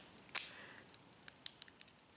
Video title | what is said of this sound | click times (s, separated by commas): Tips on Shopping for Empty Lockets for Making Hair Jewelry + Brooch Unboxing | has this slide that just pops right in there | 0.4 s